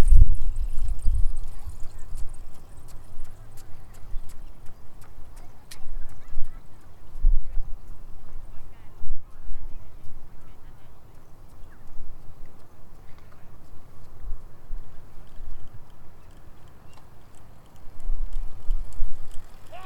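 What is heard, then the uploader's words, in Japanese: Standing on a riverbank, a steady low rumble fills the scene, swelling at the start and again near the end like a train on the tracks. Quick light clicks and taps scatter throughout, with faint voices and thin high bird chirps. 土手にたたずむと聞こえてくる、自転車や子どもたちの遊び声、線路を走る電車や鳥のさえずり。多摩川の水の流れとともにどうぞ。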